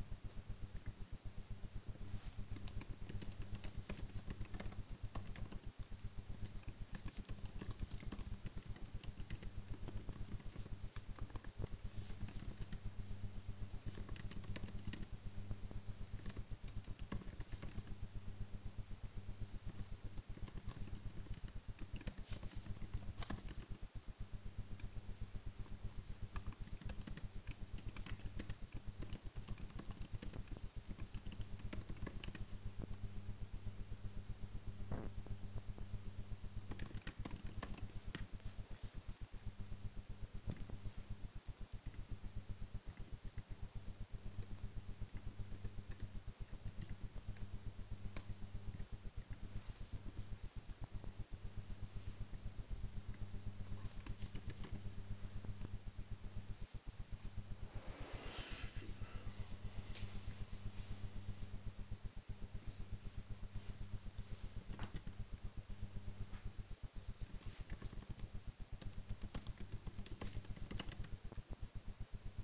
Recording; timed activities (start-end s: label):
household activities, microphone on the right wrist
53.62-72.44 s: working on the computer